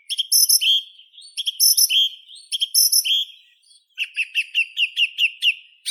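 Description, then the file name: Song thrush song: a three-times repeated phrase of fluty whistles with high chirps, then a rapid run of repeated short whistled notes. "Neizvesten - Drozd pevchij Turdus philomelos (Zvyki com)"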